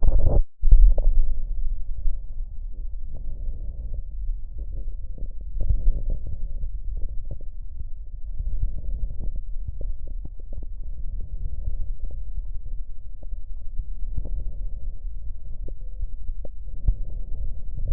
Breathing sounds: lung sounds by stethoscope; left posterior lower chest; normal breath sounds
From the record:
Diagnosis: none (healthy); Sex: male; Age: 32 years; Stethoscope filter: extended mode, 50 to 500 Hz

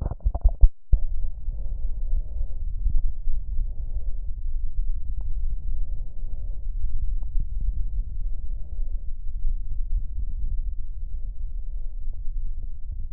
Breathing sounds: lung sounds by stethoscope; left posterior upper chest; normal breath sounds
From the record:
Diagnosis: none (healthy); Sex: female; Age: 52 years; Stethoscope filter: extended mode, 50 to 500 Hz

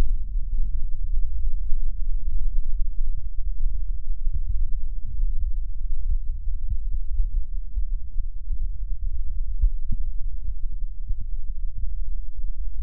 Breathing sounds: lung sounds by stethoscope; left posterior middle chest; normal breath sounds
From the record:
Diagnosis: none (healthy); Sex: male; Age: 18 years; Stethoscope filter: bell mode, 20 to 200 Hz

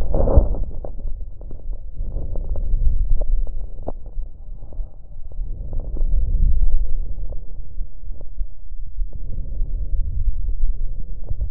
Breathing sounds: lung sounds by stethoscope; right anterior upper chest; normal breath sounds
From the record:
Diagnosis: none (healthy); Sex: male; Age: 33 years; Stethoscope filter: extended mode, 50 to 500 Hz

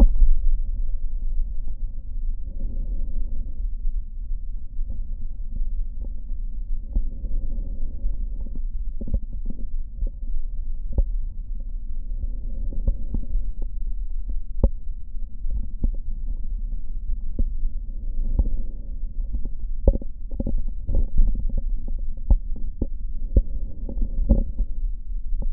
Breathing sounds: lung sounds by stethoscope; right posterior middle chest; normal breath sounds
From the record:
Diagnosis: none (healthy); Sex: male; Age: 50 years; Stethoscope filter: diaphragm mode, 100 to 500 Hz

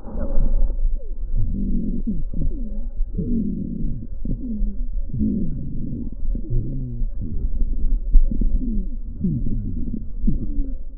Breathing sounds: lung sounds by stethoscope; right anterior lower chest; crackles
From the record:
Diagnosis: pneumonia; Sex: female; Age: 70 years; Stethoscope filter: diaphragm mode, 100 to 500 Hz

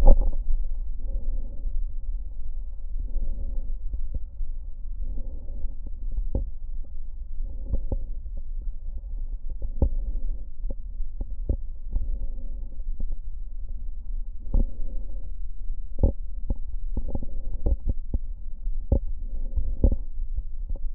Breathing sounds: lung sounds by stethoscope; left posterior middle chest; normal breath sounds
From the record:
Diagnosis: none (healthy); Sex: male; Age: 70 years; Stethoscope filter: diaphragm mode, 100 to 500 Hz

